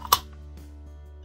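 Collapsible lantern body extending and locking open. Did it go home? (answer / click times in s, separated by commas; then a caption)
yes / 0.1 s. A collapsible metal UCO candle lantern is pulled open to its extended position, with a faint tick just before a sharp, bright metallic click at 0.1 s as the body locks into place. Softer handling sounds follow around 0.6 s and 1.3 s over a steady low hum. The lantern is seated and locked open.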